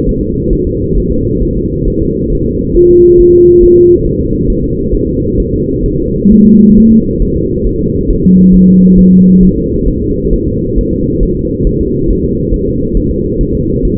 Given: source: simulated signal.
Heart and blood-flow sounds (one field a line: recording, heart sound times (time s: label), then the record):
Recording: fetal heart sounds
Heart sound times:
0.09 s: S1
0.23 s: S2
0.53 s: S1
0.67 s: S2
0.97 s: S1
1.12 s: S2
1.43 s: S1
1.57 s: S2
1.88 s: S1
2.02 s: S2
2.32 s: S1
2.47 s: S2
2.77 s: S1
2.91 s: S2
3.20 s: S1
3.34 s: S2
3.63 s: S1
3.78 s: S2
4.06 s: S1
4.21 s: S2
4.50 s: S1
4.64 s: S2
4.95 s: S1
5.09 s: S2
5.40 s: S1
5.54 s: S2
5.86 s: S1
6.00 s: S2
6.32 s: S1
6.46 s: S2
6.78 s: S1
6.92 s: S2
7.22 s: S1
7.37 s: S2
7.67 s: S1
7.81 s: S2
8.10 s: S1
8.25 s: S2
8.54 s: S1
8.69 s: S2
8.99 s: S1
9.13 s: S2
9.43 s: S1
9.57 s: S2
9.88 s: S1
10.02 s: S2
10.34 s: S1
10.47 s: S2
10.78 s: S1
10.93 s: S2
11.23 s: S1
11.37 s: S2
11.67 s: S1
11.81 s: S2
12.10 s: S1
12.25 s: S2
12.54 s: S1
12.68 s: S2
12.97 s: S1
13.11 s: S2
13.41 s: S1
13.55 s: S2
13.85 s: S1
From the record:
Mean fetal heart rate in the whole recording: 135 bpm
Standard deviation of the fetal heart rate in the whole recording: 3 bpm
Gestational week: 36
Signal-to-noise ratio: -10.2 dB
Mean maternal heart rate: 72 bpm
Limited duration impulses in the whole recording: present